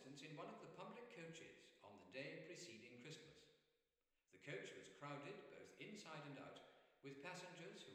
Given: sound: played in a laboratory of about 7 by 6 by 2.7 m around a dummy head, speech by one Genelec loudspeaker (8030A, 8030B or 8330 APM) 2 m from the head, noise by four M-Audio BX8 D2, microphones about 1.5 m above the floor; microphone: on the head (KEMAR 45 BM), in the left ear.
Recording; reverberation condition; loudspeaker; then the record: male speech in English; high; 60 degrees to the left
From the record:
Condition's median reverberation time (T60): about 1300 ms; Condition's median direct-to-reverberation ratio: about -4.0 dB